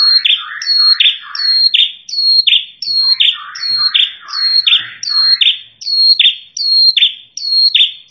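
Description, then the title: Prinia calls, a steady run of bright high notes, each sliding downward, repeated about every three quarters of a second with softer chatter underneath. Lure sound used for trapping birds; called prenjak kepala merah (red-headed prinia), described as original and melodious. "Suara Pikat Prenjak Kepala Merah Asli Merdu"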